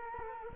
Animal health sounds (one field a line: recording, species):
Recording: mosquito wingbeat signal from an infrared sensor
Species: Culex quinquefasciatus